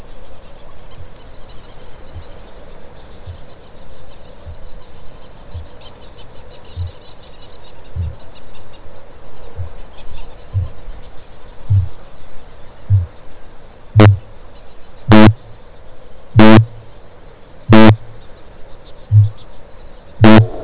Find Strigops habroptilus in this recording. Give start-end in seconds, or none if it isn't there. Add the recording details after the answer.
0.71-10.89, 11.56-13.20, 13.72-18.14, 18.92-20.63. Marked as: faintness 3/5, faintness 2/5, faintness 1/5. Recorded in New Zealand. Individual Stumpy